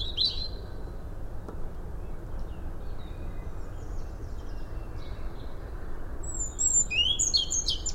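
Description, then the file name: European robin, a brief high twitter at the start, then a thin, fast, sliding warbled phrase near the end, against a constant low rumble. "Erithacus rubecula"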